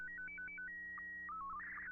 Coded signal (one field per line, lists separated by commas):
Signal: SSTV (slow-scan television)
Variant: Scottie 2